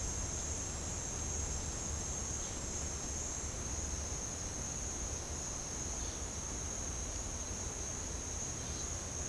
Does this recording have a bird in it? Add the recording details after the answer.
no. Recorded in pastures near Puerto Asís, Putumayo, Colombia, on 29 June 2025 at 10:00. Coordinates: 0.496, -76.326. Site GP01